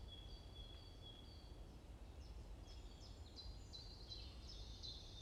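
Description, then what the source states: Bird: a thin level whistle, then bursts of rapid high chirps, over steady low background noise. Morning chorus in a forest at Bosvoorde, Watermaal-Bosvoorde, Brussels, Belgium; peaceful setting; recorded with an AMBE VR microphone.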